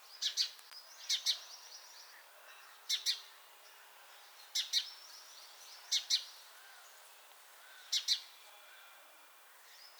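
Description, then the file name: House sparrow calling: high, sharp chirps in close pairs, repeated roughly every one to two seconds. "Passer domesticus"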